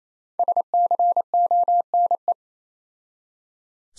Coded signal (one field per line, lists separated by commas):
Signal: Morse code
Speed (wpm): 28 wpm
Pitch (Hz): 700 Hz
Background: none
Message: SCONE